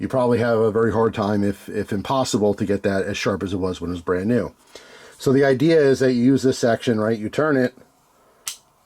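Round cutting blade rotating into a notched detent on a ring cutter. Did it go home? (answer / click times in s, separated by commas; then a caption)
yes / 8.5 s. Someone talks while the round blade of a ring cutter is turned. At 8.5 s the blade clicks sharply into the next notch of its detent, bringing a fresh sharp section into the cutting position.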